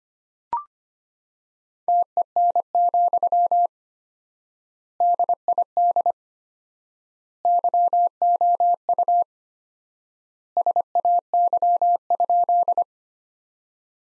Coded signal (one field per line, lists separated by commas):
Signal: Morse code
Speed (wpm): 25 wpm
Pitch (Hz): 700 Hz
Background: none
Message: TEN, DID YOU SAY?